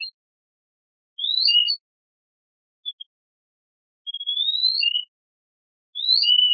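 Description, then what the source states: Mouse song of sweeping whistles, rising glides and brief flat notes, grouped in three main bursts with two brief notes between. Ultrasonic songs of male mice.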